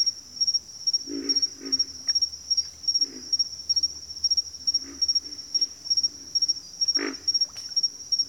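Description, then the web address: Pig frogs give low, hoarse grunts, single and in short doubled bursts, over a steady high pulsing insect chorus. Pig frogs calling in a bayou. "Nature Sounds The Natural Sounds of the Wilderness Echoes of Nature - Bayou Pig Frogs"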